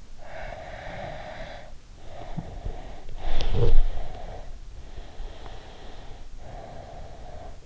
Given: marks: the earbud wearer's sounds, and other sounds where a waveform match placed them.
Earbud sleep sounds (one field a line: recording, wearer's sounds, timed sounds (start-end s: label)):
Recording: sounds in sleep by an in-ear microphone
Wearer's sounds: breath, body movement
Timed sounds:
0.19-1.77 s: breath
2.07-4.54 s: breath
3.00-6.53 s: body movement
4.83-7.61 s: breath